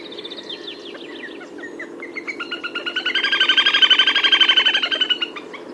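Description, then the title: Little grebe giving a whinnying trill, rapid high notes that swell in loudness and speed up into a dense, ringing run before fading. "Tuffetto"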